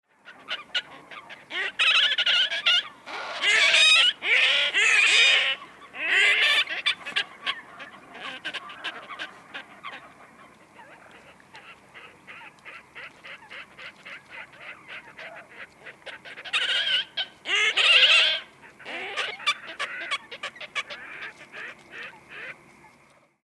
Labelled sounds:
Red-necked Grebe (Podiceps grisegena)
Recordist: Frommolt, Karl-Heinz
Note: Rufe von mehreren Rothalstauchern

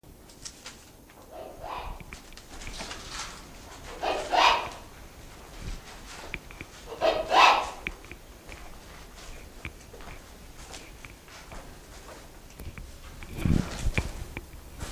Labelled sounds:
Wreathed Hornbill (Rhyticeros undulatus) call
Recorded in captivity
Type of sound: call
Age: adult
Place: Zoo Berlin, Berlin, DE
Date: 2001-11-15 14:33
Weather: leicht bewölkt, 2 - 4°C
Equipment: Marantz CP 130, Sennheiser MKH 416, Kopie Uher 4000 Report Monitor
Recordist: Tembrock, Günter
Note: 4:35 - 6:30 min)

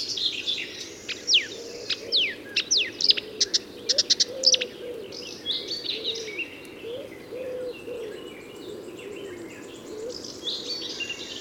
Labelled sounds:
Marsh Warbler (Acrocephalus palustris) song
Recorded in the wild
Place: Glowe, Insel Rügen, Mecklenburg-Vorpommern, DE
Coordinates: 54.574, 13.433
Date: 1977-06-03 08:00
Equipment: Nagra III BH, Sennheiser MD 21, parabola
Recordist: Schubert, Michael

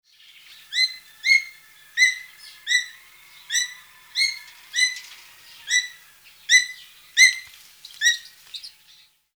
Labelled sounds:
Ornate Hawk-Eagle (Spizaetus ornatus)
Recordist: Tembrock, Günter
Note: Lautfolge

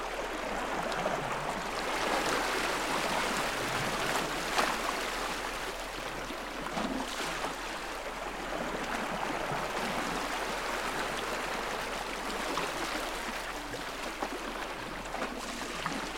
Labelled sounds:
Gentoo Penguin (Pygoscelis papua) call
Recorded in the wild
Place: Cierva Cove (Appendice Island), Antarctica, AQ
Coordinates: -64.095, -60.58
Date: 2018-12-30
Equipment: Olympus LS-100, Sennheiser ME66
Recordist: Beaulieu, Michaël

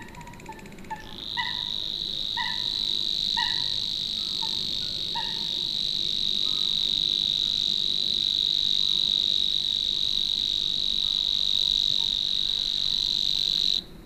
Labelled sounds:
Savi's Warbler (Locustella luscinioides)
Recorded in the wild
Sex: male
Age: adult
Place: Warsow, Kummerower See, Mecklenburg-Vorpommern, DE
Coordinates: 53.8358, 12.8406
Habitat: wetland
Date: 2013-05-23
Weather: cloudy, weak wind, 15°C
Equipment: Sound Devices 702, Sennheiser MKH 70, Rycote Windschutz
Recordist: Frommolt, Karl-Heinz

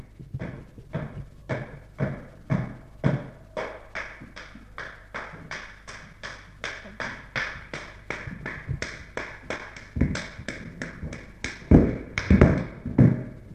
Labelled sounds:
Chimpanzee (Pan troglodytes)
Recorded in captivity
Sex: female
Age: adult
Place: Tierpark Berlin, Berlin, DE
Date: 1961-01-11
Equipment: Smaragd
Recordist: Korde and Stein

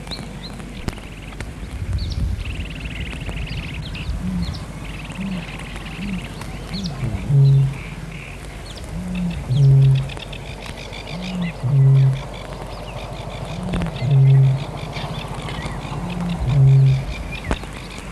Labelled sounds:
Great Bittern (Botaurus stellaris)
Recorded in the wild
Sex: male
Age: adult
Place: Hähnichen, Teichgebiet Niederspree, Sachsen, DE
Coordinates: 51.3864, 14.8831
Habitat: pond
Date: 1957-04-30
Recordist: Meyer, Hugo

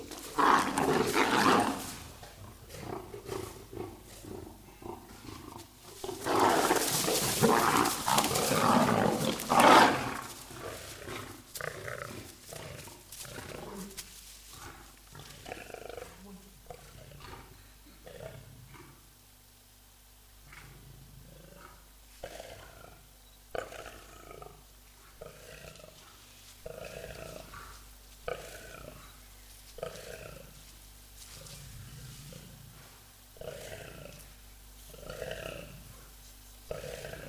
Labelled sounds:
Lion (Panthera leo) aggressive call
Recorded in captivity
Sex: group
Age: adult
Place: Tiergarten Nürnberg, Bayern, DE
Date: 1998-11-13 15:00
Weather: overcast, ca. 2-3°C
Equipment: Sony MD-WM MZ-R3, Sennheiser MKH 416 T, Kopie Uher 4000 Report Monitor
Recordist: Tembrock, Günter

